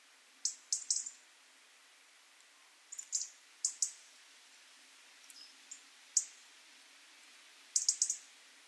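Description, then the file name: European robin giving sharp high ticks, often doubled or tripled, spaced irregularly with brief gaps of quiet. "Erithacus rubecula"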